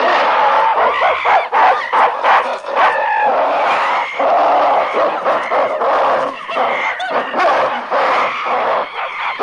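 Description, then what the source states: Apes keep up loud, overlapping harsh screaming cries, relentless, with short broken bursts throughout. Angry apes; long sequence of screaming and growling.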